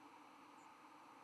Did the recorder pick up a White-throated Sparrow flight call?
no